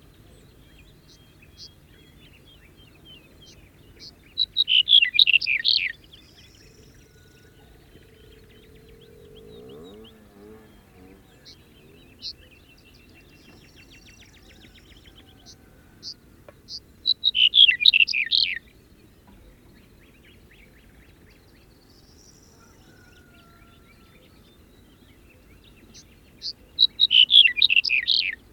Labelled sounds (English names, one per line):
Black-headed Bunting song